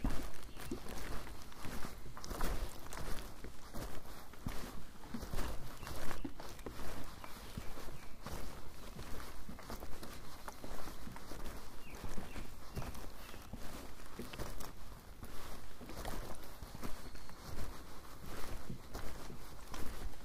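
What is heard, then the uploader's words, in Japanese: Footsteps crunch steadily along a mountain trail on a summer evening, an unbroken run of scuffing steps at a regular walking pace for the whole twenty seconds. Beneath them, a constant high insect drone holds at an even pitch throughout. 景信山・高尾山 - VOICE OF MOUNTAIN。夏の夕方、景信山から高尾山を歩いたときにステレオマイクで収録した音声です。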